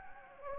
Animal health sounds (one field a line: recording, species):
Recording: mosquito wingbeat signal from an infrared sensor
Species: Anopheles gambiae